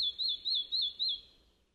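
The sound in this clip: Red-breasted flycatcher song fragment: five short wavering high notes repeated about every quarter second, then quiet.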